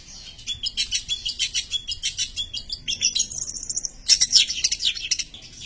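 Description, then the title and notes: Long-tailed shrike song: rapid buzzy chatter of high notes, a thin sustained whistle, then a loud harsh burst. Masteran recording of assorted chirping birdsong, used for training songbirds. "cendet_05. Bermacam macam suara kicauan burung Masteran"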